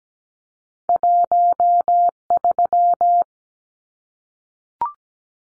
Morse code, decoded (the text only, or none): 13